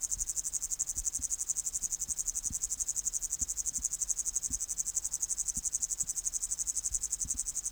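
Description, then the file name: Upland green bush-cricket song: a high, dry, rapidly pulsed trill held continuously, accompanied by scattered faint low clicks. "Tettigonia cantans"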